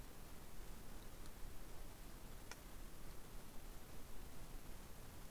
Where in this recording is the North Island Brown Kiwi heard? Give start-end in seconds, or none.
none